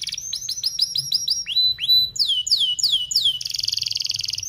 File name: Suara Kenari Gacor Speed Rapat Cuit Cuit Ngerol Tajam